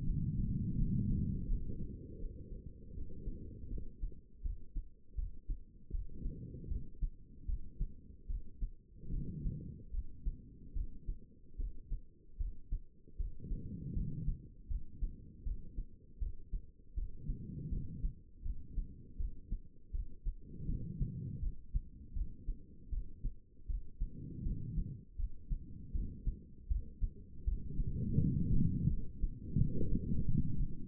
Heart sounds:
heart sounds by stethoscope; 79 bpm
0.05 s: heartbeat
0.77 s: heartbeat
1.47 s: heartbeat
2.19 s: heartbeat
2.95 s: heartbeat
3.70 s: heartbeat
4.43 s: heartbeat
5.16 s: heartbeat
5.92 s: heartbeat
6.69 s: heartbeat
7.47 s: heartbeat
8.28 s: heartbeat
9.11 s: heartbeat
9.92 s: heartbeat
10.74 s: heartbeat
11.57 s: heartbeat
12.38 s: heartbeat
13.18 s: heartbeat
13.94 s: heartbeat
14.68 s: heartbeat
15.44 s: heartbeat
16.20 s: heartbeat
16.95 s: heartbeat
17.70 s: heartbeat
18.43 s: heartbeat
19.18 s: heartbeat
19.92 s: heartbeat
20.67 s: heartbeat
21.40 s: heartbeat
22.14 s: heartbeat
22.91 s: heartbeat
23.68 s: heartbeat
24.44 s: heartbeat
25.17 s: heartbeat
25.93 s: heartbeat
26.69 s: heartbeat
27.45 s: heartbeat
28.19 s: heartbeat
28.88 s: heartbeat
29.57 s: heartbeat
30.26 s: heartbeat
From the record:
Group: healthy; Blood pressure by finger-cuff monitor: 122/77 mmHg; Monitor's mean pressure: 96 mmHg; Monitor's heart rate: 79 bpm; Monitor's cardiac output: 5.1 L/min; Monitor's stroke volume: 64 mL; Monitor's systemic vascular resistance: 1360 dyn s/cm5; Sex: female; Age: 51 years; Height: 162 cm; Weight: 70.04 kg

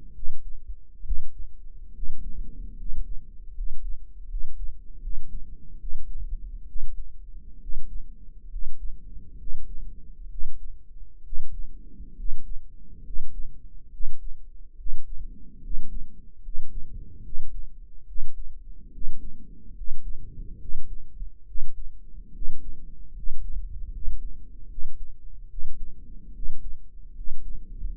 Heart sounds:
heart sounds by microphone in the right ear; 71 bpm
0.12 s: heartbeat
1.02 s: heartbeat
1.92 s: heartbeat
2.75 s: heartbeat
3.52 s: heartbeat
4.26 s: heartbeat
4.99 s: heartbeat
5.77 s: heartbeat
6.65 s: heartbeat
7.59 s: heartbeat
8.48 s: heartbeat
9.36 s: heartbeat
10.28 s: heartbeat
11.22 s: heartbeat
12.14 s: heartbeat
13.02 s: heartbeat
13.89 s: heartbeat
14.75 s: heartbeat
15.60 s: heartbeat
16.40 s: heartbeat
17.21 s: heartbeat
18.05 s: heartbeat
18.90 s: heartbeat
19.73 s: heartbeat
20.58 s: heartbeat
21.44 s: heartbeat
22.31 s: heartbeat
23.12 s: heartbeat
23.90 s: heartbeat
24.67 s: heartbeat
25.47 s: heartbeat
26.31 s: heartbeat
27.13 s: heartbeat
27.96 s: heartbeat
From the record:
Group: healthy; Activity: rest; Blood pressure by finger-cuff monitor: 103/68 mmHg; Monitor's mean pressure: 77 mmHg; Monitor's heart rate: 70 bpm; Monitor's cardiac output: 6.3 L/min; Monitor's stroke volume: 89 mL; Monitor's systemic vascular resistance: 870 dyn s/cm5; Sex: male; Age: 23 years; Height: 178 cm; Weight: 96.6 kg

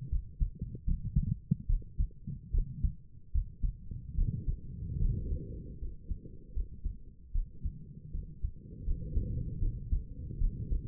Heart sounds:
heart sounds by stethoscope; 76 bpm
0.10 s: heartbeat
0.86 s: heartbeat
1.68 s: heartbeat
2.52 s: heartbeat
3.33 s: heartbeat
4.16 s: heartbeat
5.00 s: heartbeat
5.80 s: heartbeat
6.54 s: heartbeat
7.33 s: heartbeat
8.12 s: heartbeat
8.85 s: heartbeat
9.60 s: heartbeat
10.39 s: heartbeat
From the record:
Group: healthy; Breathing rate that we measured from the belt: 22 breaths a minute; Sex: female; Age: 22 years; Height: 163 cm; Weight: 67.1 kg

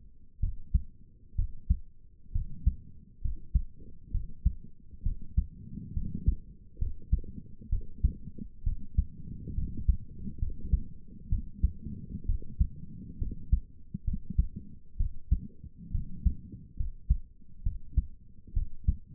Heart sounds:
heart sounds by stethoscope; 66 bpm
0.39 s: heartbeat
1.35 s: heartbeat
2.32 s: heartbeat
3.21 s: heartbeat
4.11 s: heartbeat
5.02 s: heartbeat
5.93 s: heartbeat
6.78 s: heartbeat
7.69 s: heartbeat
8.63 s: heartbeat
9.54 s: heartbeat
10.39 s: heartbeat
11.29 s: heartbeat
12.25 s: heartbeat
13.18 s: heartbeat
14.04 s: heartbeat
14.97 s: heartbeat
15.91 s: heartbeat
16.76 s: heartbeat
17.63 s: heartbeat
18.53 s: heartbeat
From the record:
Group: healthy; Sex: female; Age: 22 years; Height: 154 cm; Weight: 58.7 kg

